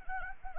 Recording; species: mosquito wingbeat signal from an infrared sensor; Anopheles arabiensis